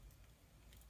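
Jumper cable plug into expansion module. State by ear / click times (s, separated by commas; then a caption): not seated / none. The plug end of a jumper cable is pushed toward an expansion module on a robot car, heard as low handling rumble with faint scratchy rustles, including a brief slightly louder burst at about 0.7 s. Nothing has seated or clicked yet; the cable is still being handled before it goes home.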